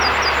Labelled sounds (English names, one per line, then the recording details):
Yellowhammer song
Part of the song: start
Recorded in the Czech Republic on 27 June 2014
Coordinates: 49.859, 13.827
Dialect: XlB
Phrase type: I4
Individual h008